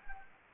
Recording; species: mosquito wingbeat signal from an infrared sensor; Anopheles gambiae